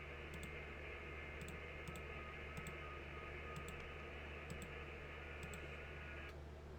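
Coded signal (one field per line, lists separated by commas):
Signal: FT8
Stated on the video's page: FT8 on-air activity in a QSO party to test rigs and antennas before Field Day.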